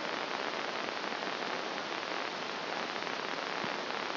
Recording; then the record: brain microelectrode recording played as sound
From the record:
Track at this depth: outside the subthalamic nucleus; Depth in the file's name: 0.942 mm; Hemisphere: left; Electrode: 2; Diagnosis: Parkinson's disease